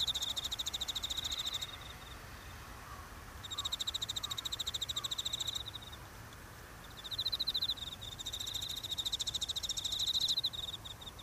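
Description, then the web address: Evening cicada singing in three separate bursts of quick, ringing pulses, with short quiet gaps between them. "kanakana enma"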